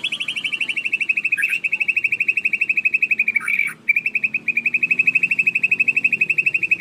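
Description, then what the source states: Canary song: a long, steady rolling trill of rapid, even notes at one high pitch, briefly interrupted twice by sharper chips. Canary song intended as master audio for training birds.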